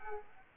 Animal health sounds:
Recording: mosquito wingbeat signal from an infrared sensor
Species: Aedes aegypti

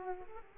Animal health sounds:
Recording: mosquito wingbeat signal from an infrared sensor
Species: Aedes aegypti

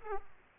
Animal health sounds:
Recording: mosquito wingbeat signal from an infrared sensor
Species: Aedes aegypti

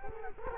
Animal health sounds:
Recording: mosquito wingbeat signal from an infrared sensor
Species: Culex quinquefasciatus

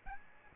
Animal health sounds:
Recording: mosquito wingbeat signal from an infrared sensor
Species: Aedes albopictus

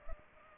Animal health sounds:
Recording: mosquito wingbeat signal from an infrared sensor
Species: Culex pipiens

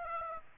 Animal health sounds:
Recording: mosquito wingbeat signal from an infrared sensor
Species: Aedes aegypti

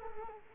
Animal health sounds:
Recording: mosquito wingbeat signal from an infrared sensor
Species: Culex quinquefasciatus

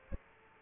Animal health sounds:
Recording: mosquito wingbeat signal from an infrared sensor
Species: Aedes aegypti

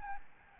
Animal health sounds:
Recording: mosquito wingbeat signal from an infrared sensor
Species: Aedes albopictus

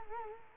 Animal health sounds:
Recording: mosquito wingbeat signal from an infrared sensor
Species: Culex quinquefasciatus

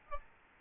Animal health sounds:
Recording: mosquito wingbeat signal from an infrared sensor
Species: Aedes albopictus

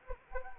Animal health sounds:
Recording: mosquito wingbeat signal from an infrared sensor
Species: Anopheles arabiensis

